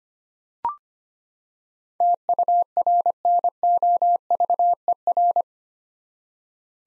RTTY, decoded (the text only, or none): none